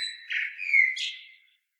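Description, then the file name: Common blackbird song fragment, a short mellow fluted phrase sliding into a brief high scratchy squeak. "Turdus merula"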